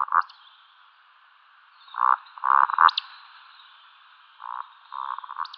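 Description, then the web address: Eurasian woodcock display calls: low croaking grunts in short bursts, with a few sharp, high, squeaky notes among them. Male in display flight. "Schulze Peter Eurasian Woodcock male displayflight"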